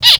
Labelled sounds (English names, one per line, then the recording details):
Zebra Finch distance call
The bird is a male
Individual mal1